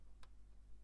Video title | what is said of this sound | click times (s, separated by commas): Mission Comfortable Daily Driver : BMW E91 325i Touring - Project Croydon Part Two | taillight assembly back and hear it click in | 0.2 s